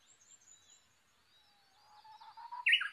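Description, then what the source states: Japanese bush warbler song rising from faint background chirping: a quiet drawn whistle builds into a loud, abrupt flourish at the close. Recorded 22 May 2011 at 05:43.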